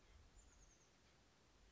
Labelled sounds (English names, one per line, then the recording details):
Oak Titmouse
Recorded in Sonoma County, California